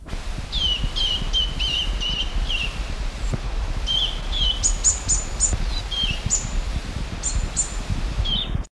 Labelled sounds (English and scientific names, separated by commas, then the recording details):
Eurasian Bullfinch (Pyrrhula pyrrhula) call
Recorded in the wild
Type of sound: call
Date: 1971-08-01
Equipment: Halbspur, 9,5 cm/s
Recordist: Lütgens, Hans
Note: Flügges Junges, "Elbholz"